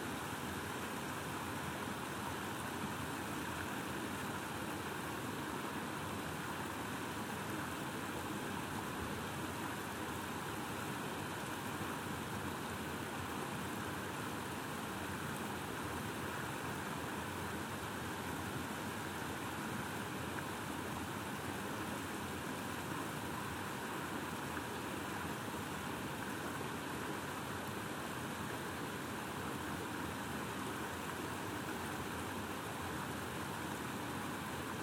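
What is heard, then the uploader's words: A cold river rushes over falls in a steady, dense roar of water, unbroken and full from low rumble to bright hiss throughout. Icy Cold River, Pools and Falls In North West Murcia Region, Spain.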